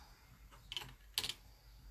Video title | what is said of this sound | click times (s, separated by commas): Saturday Catch-Up 20th June - Covered Butttons and Binding a V Neckline | and you'll hear it click. | 0.7 s, 1.2 s